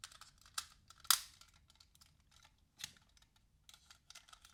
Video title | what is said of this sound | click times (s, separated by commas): Arcadia 1/60 scale Macross VF-1S Roy Focker ver with Striker Pack and Macross Variable Stand Review | each side. Click | 1.1 s